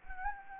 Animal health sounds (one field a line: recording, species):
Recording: mosquito wingbeat signal from an infrared sensor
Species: Anopheles gambiae